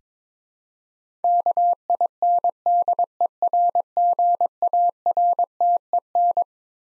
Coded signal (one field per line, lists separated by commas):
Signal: Morse code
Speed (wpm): 22 wpm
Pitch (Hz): 700 Hz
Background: none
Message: KINDERGARTEN